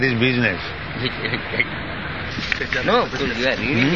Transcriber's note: laughs